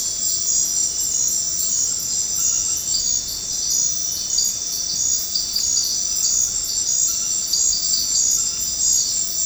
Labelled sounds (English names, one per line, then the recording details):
none
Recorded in dense forest near Puerto Asís, Putumayo, Colombia, on 13 March 2025 at 22:00
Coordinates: 0.500, -76.322
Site GP06